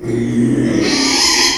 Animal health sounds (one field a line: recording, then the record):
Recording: squeal of a Yucatan mini pig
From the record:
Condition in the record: after surgery on the right vocal fold (resection and tissue-engineered implant)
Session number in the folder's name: 2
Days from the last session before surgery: 13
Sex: male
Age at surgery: 12 weeks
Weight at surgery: 13 kg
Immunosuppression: cyclosporine, prednisolone